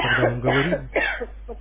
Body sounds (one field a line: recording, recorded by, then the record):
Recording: voluntary cough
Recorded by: telephone call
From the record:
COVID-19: positive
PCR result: checked with the laboratory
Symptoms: yes